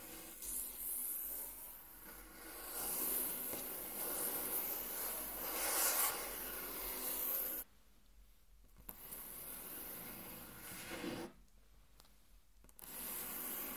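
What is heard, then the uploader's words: Something is traced hard across a table: a dense, continuous rubbing scrape with a gritty, bright edge that swells and eases over the first seven seconds. Near 8 seconds and again around 11.5 seconds it stops abruptly into near silence, then resumes. Intense Table Tracing (No Talking).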